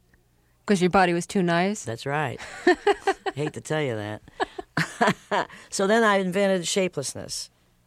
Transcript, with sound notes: Because your body was too nice?
That's right.
(LAUGHTER)
I hate to tell you that. So then I invented shapelessness